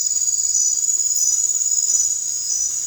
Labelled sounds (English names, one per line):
none